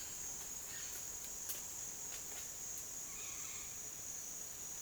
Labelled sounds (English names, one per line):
none